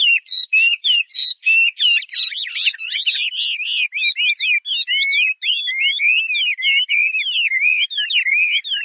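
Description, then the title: Chinese hwamei song, a loud run of varied whistled phrases, first clipped repeated notes, then longer slurred up-and-down whistles. "画眉鸟的叫声"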